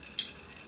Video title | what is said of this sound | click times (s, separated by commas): Medicações inalatórias para Asma e DPOC | um clique e aí na primeira vez eu tenho aqui o filho três cliques | 0.2 s